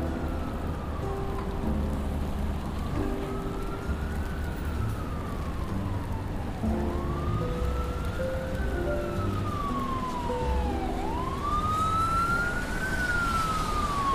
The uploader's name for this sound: Raining Day In New York